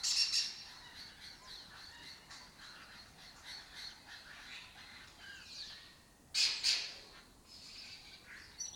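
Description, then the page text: Lesser kestrel calls: faint chattering throughout, then a loud pair of harsh rasping bursts near the end. Breeding colony occupying an abandoned building complex in Doñana, southern Europe; migratory birds that forage in West Africa and breed in southern Europe. "Lesser Kestrels Took Over an Abandoned Building. Here in Doñana"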